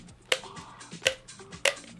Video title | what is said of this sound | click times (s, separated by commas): Fluval C2 Unboxing and Setup | but look what they did this is so nice so much better than normal look just clicks into place | 0.3 s, 1.1 s, 1.7 s